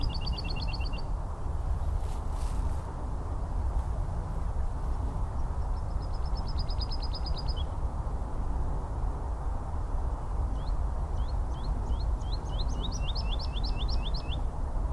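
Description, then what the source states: Woodlark song in several phrases: a quick trill, a fast run of notes, then slower slurred fluty notes building into a repeated series, over continuous traffic rumble. Woodlark singing from the top of a tree on Chobham Common, Surrey, a heathland surrounded by the M3, the M25 and a busy railway line; spring, recorded before Coronavirus lockdowns.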